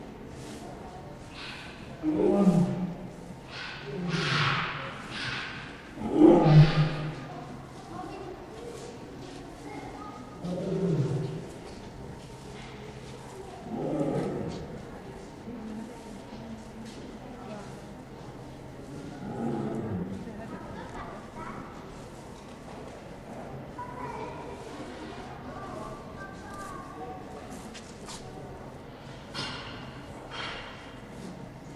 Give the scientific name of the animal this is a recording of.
Panthera leo